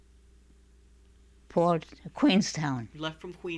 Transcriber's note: none